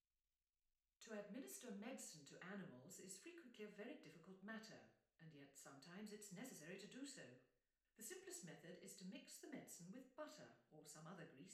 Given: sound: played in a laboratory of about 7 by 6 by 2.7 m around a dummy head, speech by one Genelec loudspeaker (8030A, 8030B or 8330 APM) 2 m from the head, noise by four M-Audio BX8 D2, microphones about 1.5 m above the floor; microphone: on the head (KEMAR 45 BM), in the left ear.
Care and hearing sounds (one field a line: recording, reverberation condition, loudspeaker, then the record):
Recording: female speech in English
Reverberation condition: medium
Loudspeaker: 150 degrees to the left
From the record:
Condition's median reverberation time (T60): about 510 ms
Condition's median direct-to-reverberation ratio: about -0.5 dB